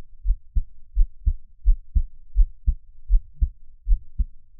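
Steady, soft low lub-dub beats at about 85 a minute: a regular, normal adult heartbeat, heard close up.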